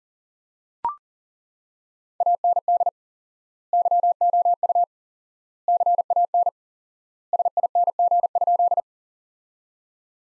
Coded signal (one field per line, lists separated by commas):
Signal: Morse code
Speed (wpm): 40 wpm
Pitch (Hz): 700 Hz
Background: none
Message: AND YOU CAN SING?